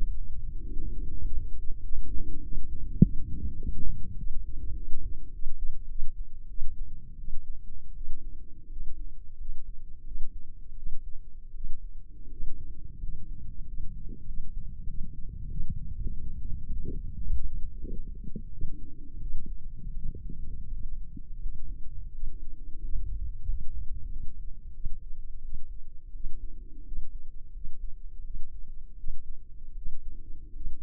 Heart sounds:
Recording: heart sounds by microphone in the left ear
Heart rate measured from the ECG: 90 bpm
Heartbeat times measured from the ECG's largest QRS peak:
0.54 s: heartbeat
1.18 s: heartbeat
1.80 s: heartbeat
2.39 s: heartbeat
2.98 s: heartbeat
3.57 s: heartbeat
4.16 s: heartbeat
4.73 s: heartbeat
5.30 s: heartbeat
5.86 s: heartbeat
6.46 s: heartbeat
7.15 s: heartbeat
7.92 s: heartbeat
8.67 s: heartbeat
9.36 s: heartbeat
10.02 s: heartbeat
10.73 s: heartbeat
11.51 s: heartbeat
12.28 s: heartbeat
12.98 s: heartbeat
13.63 s: heartbeat
14.24 s: heartbeat
14.85 s: heartbeat
15.46 s: heartbeat
16.08 s: heartbeat
16.67 s: heartbeat
17.27 s: heartbeat
17.87 s: heartbeat
18.49 s: heartbeat
19.18 s: heartbeat
19.93 s: heartbeat
20.68 s: heartbeat
21.38 s: heartbeat
22.10 s: heartbeat
22.79 s: heartbeat
23.44 s: heartbeat
24.07 s: heartbeat
24.70 s: heartbeat
25.40 s: heartbeat
26.11 s: heartbeat
26.82 s: heartbeat
27.51 s: heartbeat
28.21 s: heartbeat
28.95 s: heartbeat
29.73 s: heartbeat
30.51 s: heartbeat
From the record:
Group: healthy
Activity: rest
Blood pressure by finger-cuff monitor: 125/76 mmHg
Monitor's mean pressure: 94 mmHg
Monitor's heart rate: 89 bpm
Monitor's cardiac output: 7.3 L/min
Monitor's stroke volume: 80 mL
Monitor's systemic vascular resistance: 930 dyn s/cm5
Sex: female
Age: 24 years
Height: 163 cm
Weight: 55.7 kg

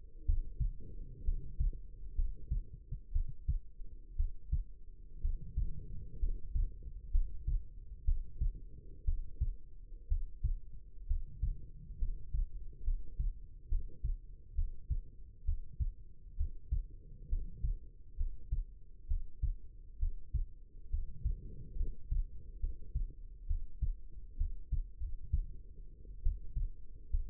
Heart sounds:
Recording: heart sounds by stethoscope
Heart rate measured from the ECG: 65 bpm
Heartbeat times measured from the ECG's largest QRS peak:
0.25 s: heartbeat
1.24 s: heartbeat
2.15 s: heartbeat
3.11 s: heartbeat
4.15 s: heartbeat
5.20 s: heartbeat
6.18 s: heartbeat
7.11 s: heartbeat
8.04 s: heartbeat
9.04 s: heartbeat
10.07 s: heartbeat
11.06 s: heartbeat
11.98 s: heartbeat
12.83 s: heartbeat
13.68 s: heartbeat
14.54 s: heartbeat
15.44 s: heartbeat
16.36 s: heartbeat
17.28 s: heartbeat
18.16 s: heartbeat
19.07 s: heartbeat
19.98 s: heartbeat
20.89 s: heartbeat
21.76 s: heartbeat
22.59 s: heartbeat
23.46 s: heartbeat
24.36 s: heartbeat
24.98 s: heartbeat
26.22 s: heartbeat
27.10 s: heartbeat
From the record:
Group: healthy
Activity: cold pressor test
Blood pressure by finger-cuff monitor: 112/74 mmHg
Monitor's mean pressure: 85 mmHg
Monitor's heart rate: 65 bpm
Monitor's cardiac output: 5.2 L/min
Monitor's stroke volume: 79 mL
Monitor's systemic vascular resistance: 1180 dyn s/cm5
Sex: female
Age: 22 years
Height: 171 cm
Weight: 65.6 kg

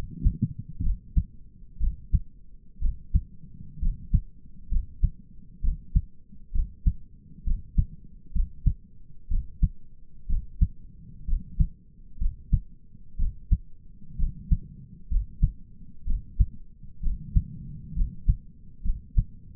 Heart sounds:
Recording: heart sounds by stethoscope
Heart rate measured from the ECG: 63 bpm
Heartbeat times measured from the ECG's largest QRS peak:
0.84 s: heartbeat
1.81 s: heartbeat
2.82 s: heartbeat
3.82 s: heartbeat
4.71 s: heartbeat
5.64 s: heartbeat
6.55 s: heartbeat
7.47 s: heartbeat
8.35 s: heartbeat
9.31 s: heartbeat
10.30 s: heartbeat
11.28 s: heartbeat
12.21 s: heartbeat
13.19 s: heartbeat
14.19 s: heartbeat
15.11 s: heartbeat
16.07 s: heartbeat
17.03 s: heartbeat
17.97 s: heartbeat
18.85 s: heartbeat
From the record:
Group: healthy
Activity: rest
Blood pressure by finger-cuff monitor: 104/61 mmHg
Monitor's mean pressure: 76 mmHg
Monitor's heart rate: 64 bpm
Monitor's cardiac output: 6 L/min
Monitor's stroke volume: 95 mL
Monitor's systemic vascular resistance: 900 dyn s/cm5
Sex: male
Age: 22 years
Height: 181 cm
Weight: 79 kg

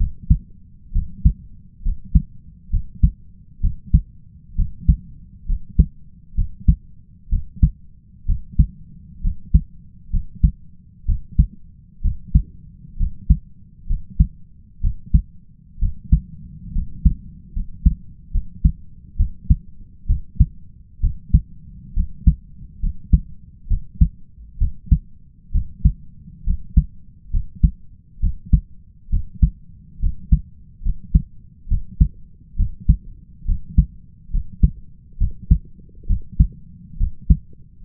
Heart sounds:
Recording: heart sounds by stethoscope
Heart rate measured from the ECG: 67 bpm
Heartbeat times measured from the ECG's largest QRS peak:
0.92 s: heartbeat
1.82 s: heartbeat
2.70 s: heartbeat
3.60 s: heartbeat
4.55 s: heartbeat
5.46 s: heartbeat
6.35 s: heartbeat
7.29 s: heartbeat
8.26 s: heartbeat
9.21 s: heartbeat
10.10 s: heartbeat
11.05 s: heartbeat
12.01 s: heartbeat
12.97 s: heartbeat
13.86 s: heartbeat
14.81 s: heartbeat
15.79 s: heartbeat
16.72 s: heartbeat
17.52 s: heartbeat
18.31 s: heartbeat
19.16 s: heartbeat
20.06 s: heartbeat
21.00 s: heartbeat
21.93 s: heartbeat
22.80 s: heartbeat
23.68 s: heartbeat
24.58 s: heartbeat
25.52 s: heartbeat
26.44 s: heartbeat
27.30 s: heartbeat
28.20 s: heartbeat
29.10 s: heartbeat
30.00 s: heartbeat
30.82 s: heartbeat
31.68 s: heartbeat
32.56 s: heartbeat
33.45 s: heartbeat
34.30 s: heartbeat
35.18 s: heartbeat
36.07 s: heartbeat
36.97 s: heartbeat
37.83 s: heartbeat
From the record:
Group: healthy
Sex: male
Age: 20 years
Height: 167 cm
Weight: 61 kg

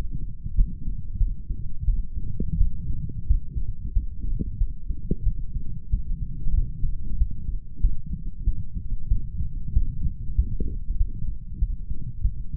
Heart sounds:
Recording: heart sounds by stethoscope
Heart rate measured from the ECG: 93 bpm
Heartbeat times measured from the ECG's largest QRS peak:
0.55 s: heartbeat
1.18 s: heartbeat
1.85 s: heartbeat
2.57 s: heartbeat
3.27 s: heartbeat
3.93 s: heartbeat
4.58 s: heartbeat
5.23 s: heartbeat
5.90 s: heartbeat
6.54 s: heartbeat
7.18 s: heartbeat
7.81 s: heartbeat
8.44 s: heartbeat
9.08 s: heartbeat
9.73 s: heartbeat
10.35 s: heartbeat
10.97 s: heartbeat
11.59 s: heartbeat
12.22 s: heartbeat
From the record:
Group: healthy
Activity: light exercise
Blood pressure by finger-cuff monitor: 117/71 mmHg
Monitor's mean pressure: 87 mmHg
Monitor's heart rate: 94 bpm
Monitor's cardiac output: 7 L/min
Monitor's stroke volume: 76 mL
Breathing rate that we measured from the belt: 17 breaths a minute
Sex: male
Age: 35 years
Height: 178 cm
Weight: 64 kg

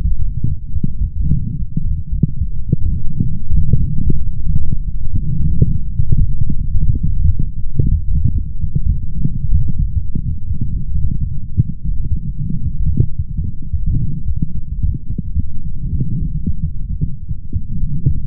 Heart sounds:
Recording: heart sounds by stethoscope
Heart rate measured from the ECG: 111 bpm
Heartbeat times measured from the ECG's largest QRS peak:
0.17 s: heartbeat
0.73 s: heartbeat
1.29 s: heartbeat
1.83 s: heartbeat
2.38 s: heartbeat
2.93 s: heartbeat
3.48 s: heartbeat
4.03 s: heartbeat
4.57 s: heartbeat
5.11 s: heartbeat
5.65 s: heartbeat
6.18 s: heartbeat
6.72 s: heartbeat
7.26 s: heartbeat
7.80 s: heartbeat
8.33 s: heartbeat
8.87 s: heartbeat
9.40 s: heartbeat
9.94 s: heartbeat
10.48 s: heartbeat
11.02 s: heartbeat
11.55 s: heartbeat
12.09 s: heartbeat
12.63 s: heartbeat
13.17 s: heartbeat
13.71 s: heartbeat
14.26 s: heartbeat
14.80 s: heartbeat
15.35 s: heartbeat
15.90 s: heartbeat
16.45 s: heartbeat
16.99 s: heartbeat
17.53 s: heartbeat
18.06 s: heartbeat
From the record:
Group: healthy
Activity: light exercise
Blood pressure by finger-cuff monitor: 101/70 mmHg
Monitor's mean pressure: 80 mmHg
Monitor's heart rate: 111 bpm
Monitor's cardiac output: 8.8 L/min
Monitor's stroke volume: 80 mL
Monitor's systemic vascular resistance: 660 dyn s/cm5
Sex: male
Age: 20 years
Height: 187 cm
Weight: 68.9 kg

